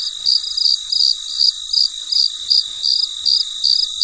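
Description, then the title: Cricket producing bright chirps a little under three per second against a high buzzing insect background. Late at night, in deep quiet. "深夜录制蟋蟀昆虫声"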